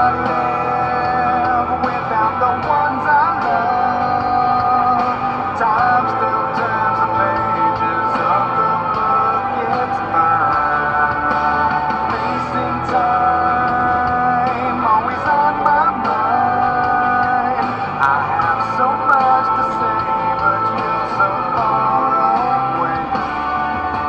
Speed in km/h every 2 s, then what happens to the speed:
79, 80, 81, 81, 81, 79, 78, 76, 74, 73, 68, 63.
0-13 steady at about 80. 13-24 slows to 63.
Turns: none.